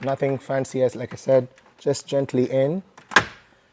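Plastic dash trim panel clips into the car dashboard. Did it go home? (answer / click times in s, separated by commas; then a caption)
yes / 3.2 s. A plastic dash trim panel on a Tesla Model 3/Model Y, lined up with its clips, is pushed gently in by hand during a second screen install. Someone talks, then one loud snap is heard at 3.2 s as the plastic clips engage and the panel seats into the car dashboard.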